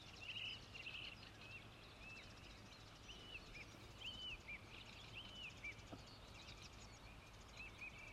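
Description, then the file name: Bird calls: faint, short whistled notes repeated irregularly over steady low background noise. Recorded 24 April 2019. "lydopptak av fugl 24 04 19"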